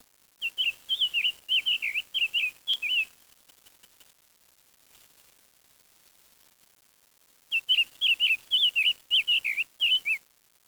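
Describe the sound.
Bird call: bursts of short warbled whistles, several in quick succession, a pause of about four seconds, then another similar burst.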